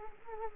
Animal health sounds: mosquito wingbeat signal from an infrared sensor; Anopheles arabiensis

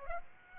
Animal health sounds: mosquito wingbeat signal from an infrared sensor; Aedes aegypti

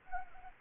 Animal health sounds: mosquito wingbeat signal from an infrared sensor; Anopheles arabiensis

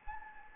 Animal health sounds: mosquito wingbeat signal from an infrared sensor; Anopheles gambiae

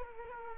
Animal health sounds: mosquito wingbeat signal from an infrared sensor; Culex quinquefasciatus

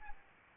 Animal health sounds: mosquito wingbeat signal from an infrared sensor; Aedes albopictus

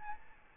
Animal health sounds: mosquito wingbeat signal from an infrared sensor; Aedes albopictus

